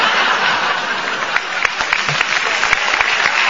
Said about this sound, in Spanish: Se ríen de nosotros. Sí, pero ahora nos aplauden. Así que algo de lo que tenemos los tres vale la pena.